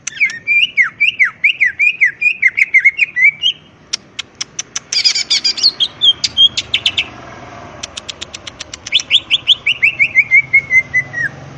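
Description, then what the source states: Leafbird song of quick zigzag whistled phrases, followed by sharp clicking notes, a buzzy burst and a falling whistled trill. Masteran training recording for cage birds; energetic, ngentrok song style.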